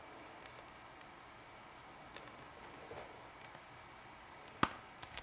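A decorative metal rivet cap is pressed by hand onto a rivet post that has been pushed through the wrong side of the fabric. After quiet handling with a few faint ticks, a sharp, bright click at 4.6 seconds shows the cap seating onto the post, followed by two small ticks just after.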